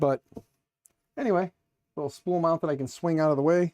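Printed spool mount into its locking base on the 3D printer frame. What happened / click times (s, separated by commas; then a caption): The plastic mount did not snap into its lock / none. A printed swing-out spool mount is lifted, twisted and pushed back down toward its locking base on a 3D printer frame while someone talks. A brief faint tick is heard at about 0.9 s, but the mount has not locked or clicked into place.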